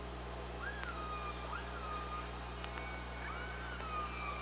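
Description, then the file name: Killer whale calls: three similar rising-then-falling tonal calls in quick succession, with a few clicks and a constant low underwater hum. Recorded on an OrcaLab hydrophone, 24 August 2017. "Orca Lab UTLN JASON 20170824 052316"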